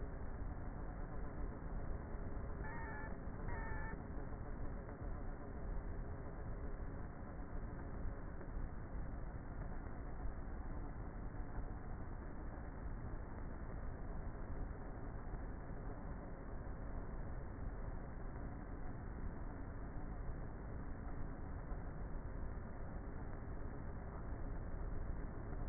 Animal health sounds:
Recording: honeybee colony, microphone inside the hive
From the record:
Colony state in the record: queenless with a low population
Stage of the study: before two queens were removed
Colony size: about 30,000 bees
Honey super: no

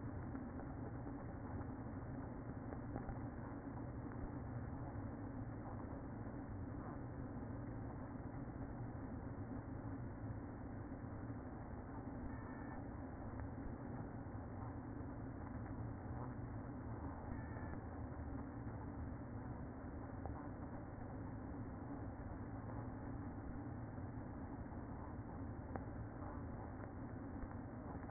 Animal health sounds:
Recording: honeybee colony, microphone inside the hive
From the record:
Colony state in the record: queen present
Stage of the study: after two queens were removed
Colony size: about 60,000 bees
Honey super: yes

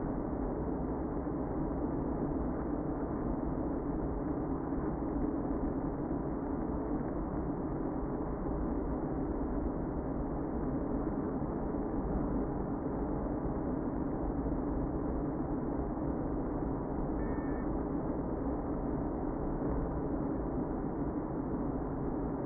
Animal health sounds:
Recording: honeybee colony, microphone inside the hive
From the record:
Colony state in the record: queen present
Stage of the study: before two queens were removed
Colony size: about 60,000 bees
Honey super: yes

